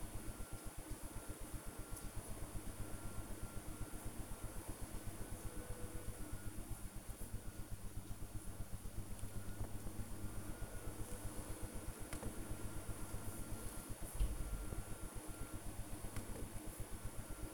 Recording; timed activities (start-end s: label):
household activities, microphone on the right wrist
0.00-17.54 s: working on the computer